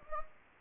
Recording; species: mosquito wingbeat signal from an infrared sensor; Anopheles gambiae